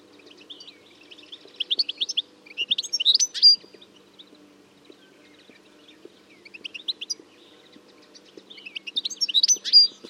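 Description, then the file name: European goldfinch song, lively twittering phrases with tinkling notes, over a faint low hum. "Carduelis carduelis"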